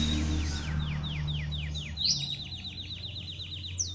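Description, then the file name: Belgian canary song: a steady rolling trill of quick descending notes, speeding up midway, over a constant low hum in the background. Copper-coloured Belgian canary, singing. "canto do canario belga cobre"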